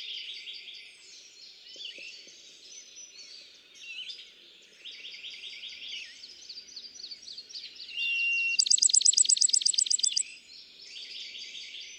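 Bachman's sparrow song: a pure whistled note followed by a loud, fast trill lasting about two seconds, over a busy chorus of other chirping birds.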